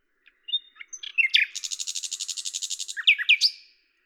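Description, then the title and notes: Common nightingale song: scattered chirps building into a fast rattling series of repeated notes, ending with a few loud slurred whistles. Recorded at Lavours, France, on 10 May 1998 with a Tascam DAP-1 and Télingua microphone; edited in Samplitude 5.1. "D83, 01350 Lavours, France - rossignol à LAVOURS. 10/05/1998"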